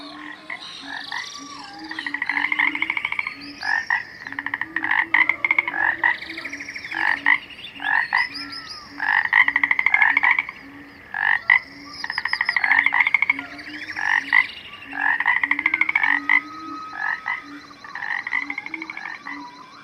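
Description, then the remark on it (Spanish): An Atelopus harlequin toad, a species endemic to French Guiana, calls in a series of loud, high-pitched trilling bursts separated by short pauses, with a low, steady pulsing drone running underneath throughout. “La deforestación ha hecho que el hábitat del sapo Atepolus, especie endemática de la Guayana Francesa, se reduzca en una superficie de 400 kilómetros cuadrados.”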